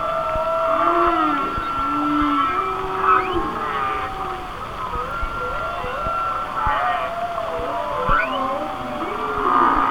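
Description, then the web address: Whale song: groaning moans followed by a run of wavy, undulating notes repeated several times, with higher harmonic overtones. "Natures Songs Whale Songs Whale Songs- Mike Mc Donald"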